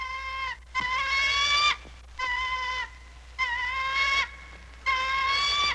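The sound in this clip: Eagle giving long, strained, harmonic cries, five in a row, the first cut off at the start, with a faint low hum behind.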